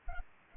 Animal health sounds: mosquito wingbeat signal from an infrared sensor; Anopheles arabiensis

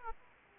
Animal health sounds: mosquito wingbeat signal from an infrared sensor; Aedes aegypti

